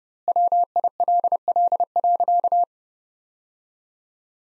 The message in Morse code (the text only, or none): WILL.